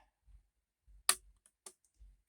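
A plastic spotlight piece from a brick building set is pressed onto a brick-built checkpoint model and snaps into place with a sharp, bright click at 1.1 s. Two fainter ticks follow at 1.5 s and 1.7 s, over low rumbling handling noise. The spotlight is seated.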